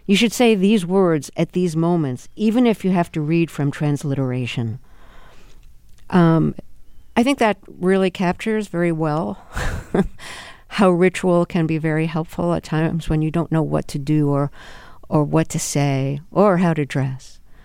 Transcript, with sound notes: You should say these words at these moments, even if you have to read from transliteration. I think that really captures very well (laughter) how ritual can be very helpful at times when you don't know what to do or what to say or how to dress.